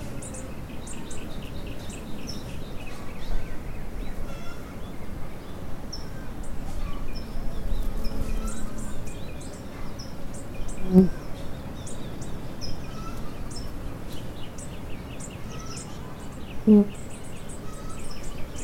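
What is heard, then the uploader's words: Bees hum steadily in a low, dense drone across the whole clip while many birds chirp and trill above, with quick repeated high calls scattered throughout. Two brief, sharper calls stand out near 11 and 17 seconds. Live iPhone recording via a Shure MOTIV MV88.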